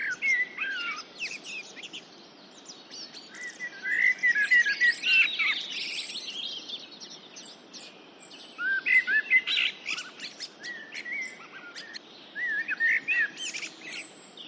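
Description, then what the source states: Common blackbird song: four bursts of fluty warbled phrases, each ending in a higher twitter, over steady background hiss. Recorded in the UK.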